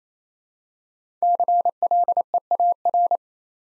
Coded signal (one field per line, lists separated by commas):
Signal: Morse code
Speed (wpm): 29 wpm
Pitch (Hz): 700 Hz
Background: none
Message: CLEAR